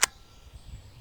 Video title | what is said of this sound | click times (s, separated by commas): Boberg XR-9L bullpup pistol overview | going to get pulled from the back popped into place | 0.0 s